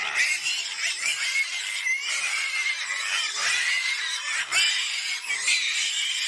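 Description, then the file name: Pig squealing, a steady high-pitched harsh scream with wavering tones that barely pauses. "Tieng heo keu"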